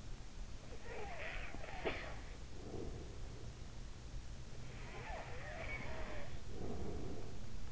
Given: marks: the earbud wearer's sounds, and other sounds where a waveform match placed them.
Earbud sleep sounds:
sounds in sleep by an in-ear microphone; snoring breath, breath
0.78-3.46 s: snoring breath
4.66-7.72 s: breath

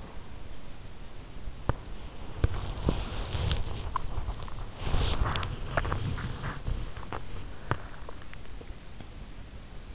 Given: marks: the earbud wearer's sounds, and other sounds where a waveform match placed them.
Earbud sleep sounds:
sounds in sleep by an in-ear microphone; body movement
0.00-8.18 s: body movement

